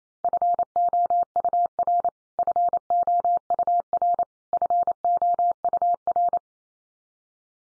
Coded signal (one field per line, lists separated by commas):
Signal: Morse code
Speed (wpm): 28 wpm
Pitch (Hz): 700 Hz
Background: none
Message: FOUR FOUR FOUR